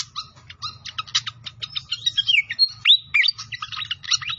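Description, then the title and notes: Pied fantail song: busy chattering notes mixed with sharp rising and falling whistles, delivered rapidly and irregularly throughout, with a faint low hum beneath. Masteran training recording of a clear-voiced bird, mixed with the sound of trickling flowing water. "Masteran Sikatan Kipas Suara Jernih Dan Suara Gemericik Air. Suara Burung Sikatan Londo"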